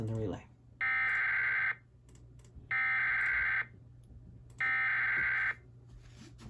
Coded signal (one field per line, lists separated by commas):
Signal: Emergency Alert System (SAME) tones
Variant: header bursts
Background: speech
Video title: EAS 775: ANOTHER S T E R L I N G FLW